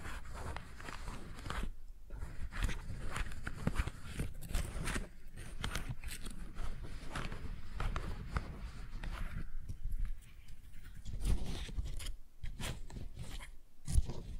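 Tingly flower sounds: dense, uneven crackling and rustling with frequent sharp scrapes and taps, brief quiet gaps near 2, 10 and 12 seconds.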